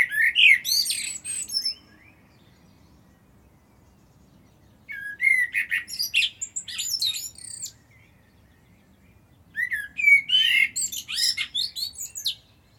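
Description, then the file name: Common blackbird song: three separate phrases, each opening with mellow fluty notes and breaking into rapid high, scratchy twitters, with quiet gaps between them. "Turdus merula"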